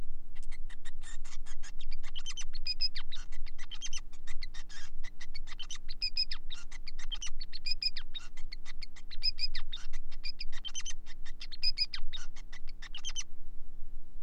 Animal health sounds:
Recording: song of a male Bengalese finch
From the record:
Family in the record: son of father 5

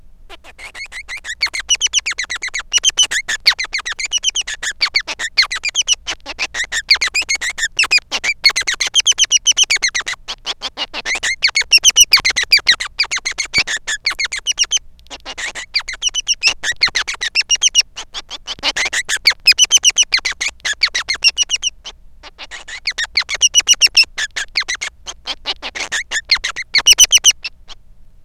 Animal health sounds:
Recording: song of a male Bengalese finch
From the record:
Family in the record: son of father 3

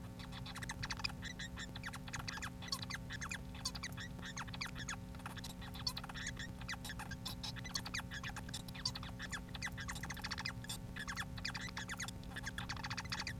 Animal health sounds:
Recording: song of a male Bengalese finch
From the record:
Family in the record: son of father 4

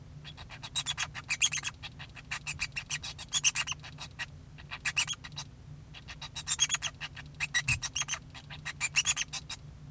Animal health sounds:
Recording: song of a male Bengalese finch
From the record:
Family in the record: son of father 2

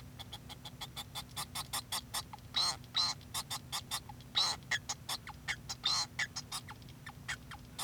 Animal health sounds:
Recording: song of a male Bengalese finch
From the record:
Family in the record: son of father 2

